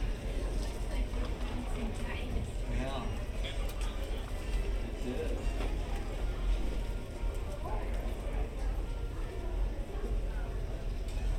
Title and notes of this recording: Disneyland Hotel Fantasy Tower Binaural Ambience. The background music and sounds found in the hotel lobby, and surrounding area